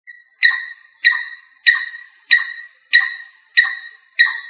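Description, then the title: Rail calling with harsh, ringing notes repeated evenly about every two-thirds of a second, each starting sharply and fading. "LuckyFamilia RallidaeFrangoSama"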